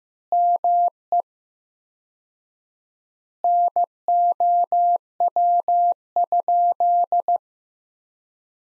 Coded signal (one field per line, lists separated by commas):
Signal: Morse code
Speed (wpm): 16 wpm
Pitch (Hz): 700 Hz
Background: none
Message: ME NOW?